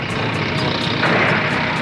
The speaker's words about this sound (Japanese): 戦車か。